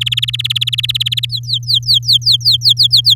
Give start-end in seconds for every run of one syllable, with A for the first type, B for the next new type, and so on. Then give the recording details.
0.01-1.26 A, 1.29-3.14 B. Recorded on 10 May 2018 at 07:14. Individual llb16